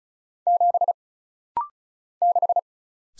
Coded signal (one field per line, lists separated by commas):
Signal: Morse code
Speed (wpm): 36 wpm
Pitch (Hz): 700 Hz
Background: none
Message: 7 6